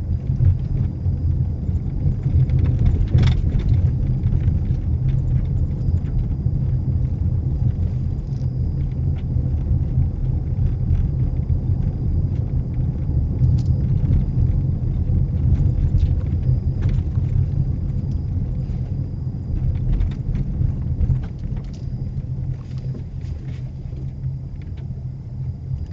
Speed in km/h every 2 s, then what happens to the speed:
29, 29, 29, 29, 31, 32, 32, 29, 26, 24, 16, 15, 18.
0-12 steady at about 29. 12-21 slows to 15.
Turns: 19-26.